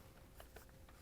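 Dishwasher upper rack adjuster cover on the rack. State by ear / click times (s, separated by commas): not seated / none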